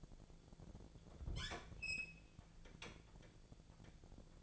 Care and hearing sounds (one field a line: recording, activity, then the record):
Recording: daily activity, microphone in the room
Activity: open fridge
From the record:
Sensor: 5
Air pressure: 1000.2 hPa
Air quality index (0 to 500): 98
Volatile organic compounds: 1 ppm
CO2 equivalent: 800 ppm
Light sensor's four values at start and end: 237/562/241/265 and 239/566/243/267